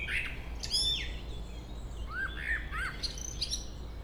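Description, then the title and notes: Common blackbird song: a high squeaky flourish followed by short, low, fluted notes that dip and rise, with a faint low background hum. Local blackbird singing along Chemin des cris, Chindrieux, France. "Chemin des cris, 73310 Chindrieux, France - Merle. Un beau chant de merle local"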